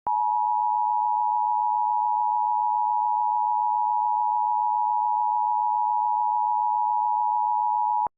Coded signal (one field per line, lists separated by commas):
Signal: Emergency Alert System (SAME) tones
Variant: 853 and 960 Hz attention tone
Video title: Wasatch - An EAS Scenario